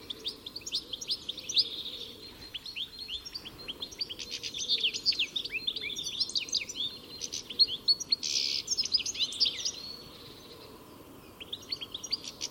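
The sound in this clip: Bird twitters and chirps, high-pitched and busy, with quick notes and a brief harsh burst, against soft background noise.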